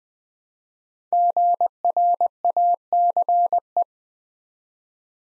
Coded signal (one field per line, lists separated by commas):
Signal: Morse code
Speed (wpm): 20 wpm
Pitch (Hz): 700 Hz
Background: none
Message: GRACE